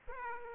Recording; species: mosquito wingbeat signal from an infrared sensor; Aedes aegypti